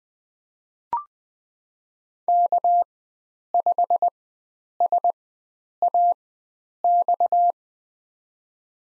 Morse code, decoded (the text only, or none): K5SAX